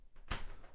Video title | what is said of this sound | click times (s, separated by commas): INEOS Grenadier, Technischer Workshop Nr. 1 - DEUTSCH Stecker | So until I hear it click, so | 0.3 s